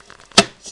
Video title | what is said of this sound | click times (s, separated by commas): REVUE : MA Centrifugeuse Electrolux | bien enclenché, et remettre la barre en fer, comme ceci, clip. | 0.4 s